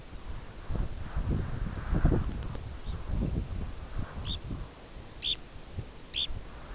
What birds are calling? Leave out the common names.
Phalaropus fulicarius